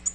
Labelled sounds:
Tennessee Warbler (Leiothlypis peregrina) flight call

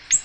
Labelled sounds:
Ovenbird (Seiurus aurocapilla) flight call

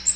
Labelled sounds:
Magnolia Warbler (Setophaga magnolia) flight call

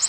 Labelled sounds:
Nashville Warbler (Leiothlypis ruficapilla) flight call

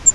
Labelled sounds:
Grace's Warbler (Setophaga graciae) flight call

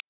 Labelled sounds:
Common Yellowthroat (Geothlypis trichas) flight call

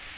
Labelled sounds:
Black-throated Blue Warbler (Setophaga caerulescens) flight call

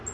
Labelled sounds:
Black-throated Green Warbler (Setophaga virens) flight call

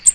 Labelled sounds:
American Redstart (Setophaga ruticilla) flight call

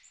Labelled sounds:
Magnolia Warbler (Setophaga magnolia) flight call

